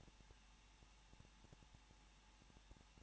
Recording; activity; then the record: daily activity, microphone in the room; no activity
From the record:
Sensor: 1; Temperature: 20.1 degrees Celsius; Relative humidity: 39.1%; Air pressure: 1006.5 hPa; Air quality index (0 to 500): 216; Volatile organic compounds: 73 ppm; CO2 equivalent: 3548 ppm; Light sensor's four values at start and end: 1/2/1/1 and 1/2/1/1